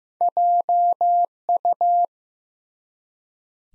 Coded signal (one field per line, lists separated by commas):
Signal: Morse code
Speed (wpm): 15 wpm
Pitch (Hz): 700 Hz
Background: none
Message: JU